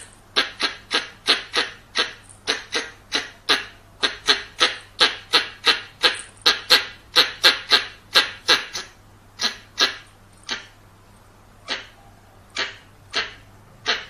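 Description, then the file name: Squirrel uttering a long run of short, scratchy chirps, later thinning to scattered notes, over a faint low hum. "Tieng Soc Bong keu"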